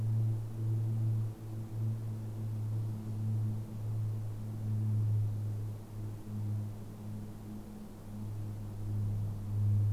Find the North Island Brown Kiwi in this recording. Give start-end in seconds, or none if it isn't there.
none